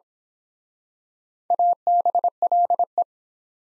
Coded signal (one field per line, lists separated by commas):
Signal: Morse code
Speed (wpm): 26 wpm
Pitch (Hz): 700 Hz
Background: none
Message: ABLE